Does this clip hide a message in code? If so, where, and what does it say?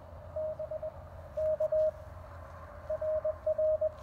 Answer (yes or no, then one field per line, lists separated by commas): yes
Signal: Morse code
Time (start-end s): 0.4-3.9 s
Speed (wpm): 22 wpm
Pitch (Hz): 660 Hz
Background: none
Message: BK R R